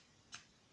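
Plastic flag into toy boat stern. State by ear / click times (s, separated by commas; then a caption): not seated / none. A small plastic fairy flag with a sticker decal is handled at the back of a Playmobil 9105 Fairy Boat Carrying Case toy boat, about to be snapped into the stern. A single brief, bright tick of handling sounds at about 0.3 s against quiet background. Nothing has seated or clicked into place yet.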